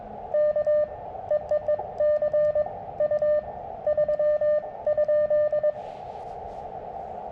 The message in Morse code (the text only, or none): K EEE C U 3 ?